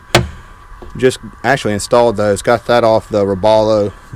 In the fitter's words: and just pops right in and out